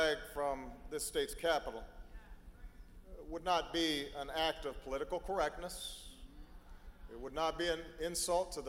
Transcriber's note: none